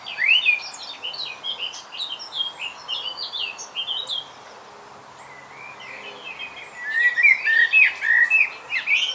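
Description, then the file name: Common blackbird singing whistled phrases with thin high twittering; the song pauses midway, then returns with a louder flurry. "Turdus merula"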